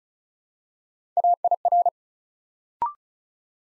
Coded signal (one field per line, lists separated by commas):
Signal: Morse code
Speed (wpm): 36 wpm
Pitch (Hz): 700 Hz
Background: none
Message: AIR